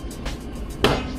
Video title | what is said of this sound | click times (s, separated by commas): I DRILLED OUT HOLES ON MY CARBON FIBER HOOD!! | There you go, you heard it, the spring, boom, the spring got latched on there and we're good to go. | 0.8 s